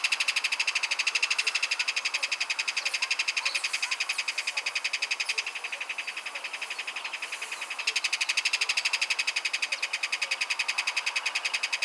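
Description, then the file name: Kingfisher giving a fast, dry rattle of evenly spaced clicks, about four per second, continuing throughout and softer for a stretch midway. "MARTIN PESCADOR"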